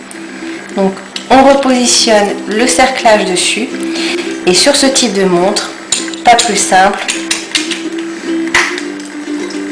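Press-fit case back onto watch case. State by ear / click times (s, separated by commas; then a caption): seated / 8.5 s. A press-fit metal case back is folded down and pressed closed onto a wristwatch after a battery change and refitting of the retaining ring, while someone talks over a steady background hum. Small sharp handling sounds come near the end, and the case back snaps home with a small click at 8.6 s, seated.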